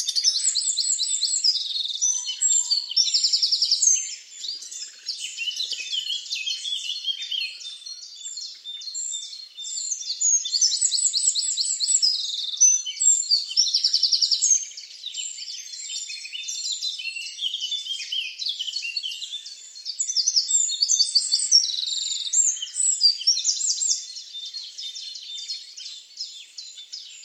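A field recording from Badbury Rings, Dorset, filled with continuous high, bright birdsong: rapid, dense trills and twittering phrases that run without pause for the whole stretch. Loudness swells in waves, peaking around 0–4, 10–14 and 20–24 seconds, with no low sounds beneath.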